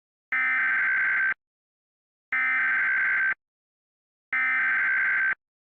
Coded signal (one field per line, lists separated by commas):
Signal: Emergency Alert System (SAME) tones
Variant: header bursts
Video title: ThisIsNotATest EAS and EBS Mock Videos - Season 3